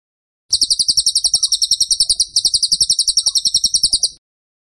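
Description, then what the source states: Bird song: a vigorous high trill of evenly spaced sharp chirps lasting nearly four seconds, with a brief dip partway through. Masteran (training) recording of a bird singing vigorously (gacor) in the tembakan style.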